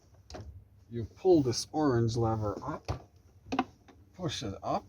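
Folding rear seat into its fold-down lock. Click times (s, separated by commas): 0.3 s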